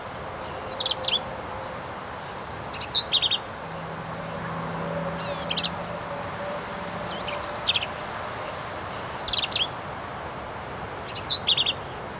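Black-capped vireo song: choppy phrases of buzzy, squeaky and sliding notes roughly every two seconds, with a faint low hum in the background.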